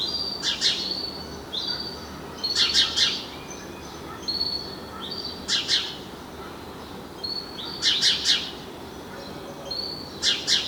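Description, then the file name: House Sparrow chirps: bright, harsh double and triple chips repeated every few seconds, with softer thin notes between them over a low background hiss. "Passer domesticus"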